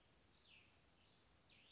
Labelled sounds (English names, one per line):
Cassin's Vireo